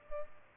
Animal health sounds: mosquito wingbeat signal from an infrared sensor; Culex pipiens

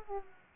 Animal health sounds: mosquito wingbeat signal from an infrared sensor; Aedes aegypti

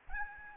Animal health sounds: mosquito wingbeat signal from an infrared sensor; Aedes albopictus

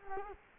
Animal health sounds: mosquito wingbeat signal from an infrared sensor; Culex quinquefasciatus

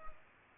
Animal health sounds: mosquito wingbeat signal from an infrared sensor; Culex pipiens

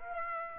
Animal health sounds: mosquito wingbeat signal from an infrared sensor; Aedes aegypti

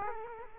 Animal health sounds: mosquito wingbeat signal from an infrared sensor; Culex quinquefasciatus

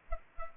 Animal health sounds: mosquito wingbeat signal from an infrared sensor; Culex pipiens

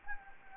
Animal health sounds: mosquito wingbeat signal from an infrared sensor; Anopheles gambiae

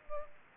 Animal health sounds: mosquito wingbeat signal from an infrared sensor; Culex pipiens

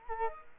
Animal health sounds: mosquito wingbeat signal from an infrared sensor; Culex quinquefasciatus

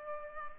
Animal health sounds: mosquito wingbeat signal from an infrared sensor; Culex pipiens

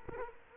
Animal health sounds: mosquito wingbeat signal from an infrared sensor; Culex quinquefasciatus

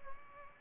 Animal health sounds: mosquito wingbeat signal from an infrared sensor; Aedes albopictus

